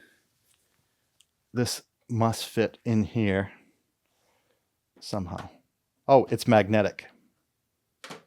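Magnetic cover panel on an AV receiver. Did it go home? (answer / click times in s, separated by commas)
yes / 8.0 s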